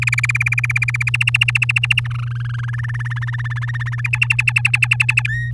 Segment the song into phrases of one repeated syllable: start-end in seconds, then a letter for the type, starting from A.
0.02-1.10 A, 1.14-2.00 B, 2.04-2.65 C, 2.68-4.01 D, 4.04-5.22 E, 5.28-5.51 F